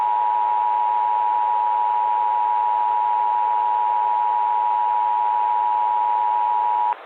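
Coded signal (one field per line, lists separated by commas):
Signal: Emergency Alert System (SAME) tones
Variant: 853 and 960 Hz attention tone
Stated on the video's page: Fictional scenario using valid EAS tones, made with software including eSpeak, ElevenLabs and NSTRS.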